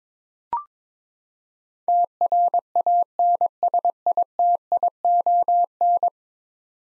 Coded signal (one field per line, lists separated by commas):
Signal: Morse code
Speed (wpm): 22 wpm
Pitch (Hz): 700 Hz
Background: none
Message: TRANSITION